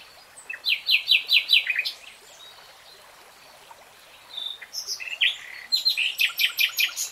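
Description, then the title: Nightingale song: two bursts of fast, repeated sharp notes separated by a pause. Nightingale singing in real time. "[Tiếng chim hót] 3 Hours REALTIME Nightingale Singing"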